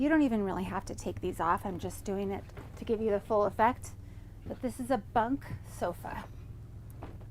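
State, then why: Seated. In a Newmar Baystar 3609 RV, someone talks while converting the bunk sofa into a bed, swinging the upper bunk frame into position against its wall latch. A sharp click at 7.0 s marks the frame locking into place, seated and secure.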